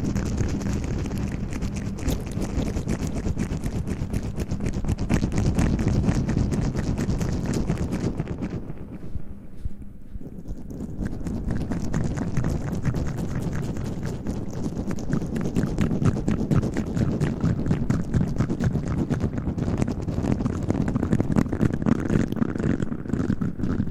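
Mouth and hand sounds form a dense, rapid patter of clicks and taps that runs almost the whole time with a low rumbling underneath. Around the ten-second mark the bright clicking thins and softens briefly before the busy tapping returns, loud and steady, to the end.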